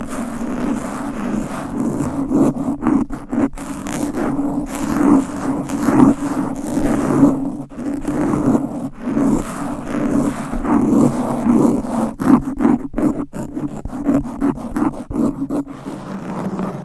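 Fast, aggressive scratching on a microphone runs for the whole stretch, a dense rubbing scrape with a strong low rumble underneath. Sharp, brighter scrapes cut in every moment or so, especially between two and four seconds and again after twelve seconds.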